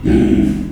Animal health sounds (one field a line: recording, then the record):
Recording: squeal of a Yucatan mini pig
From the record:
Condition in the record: after surgery on the right vocal fold (resection and tissue-engineered implant)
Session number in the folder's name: 1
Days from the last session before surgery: 13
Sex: female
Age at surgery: 19 weeks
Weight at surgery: 25 kg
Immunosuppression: prednisolone